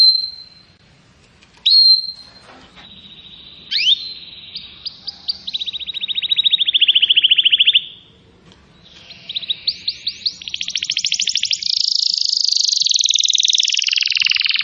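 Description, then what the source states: Atlantic canary song starting with sparse whistled notes and sweeps, then fast rattling trills and a dense buzzy tour; a short quiet gap near eight seconds. Song used to lure birds.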